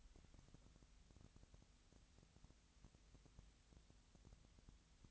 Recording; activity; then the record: daily activity, microphone in the room; wipe stove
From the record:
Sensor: 3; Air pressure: 1001.6 hPa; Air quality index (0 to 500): 222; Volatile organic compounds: 30 ppm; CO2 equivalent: 2956 ppm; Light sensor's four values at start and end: 11/34/14/12 and 11/34/14/12